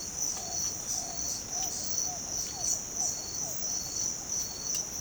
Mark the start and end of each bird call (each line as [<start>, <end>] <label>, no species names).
[0.00, 3.57] bird call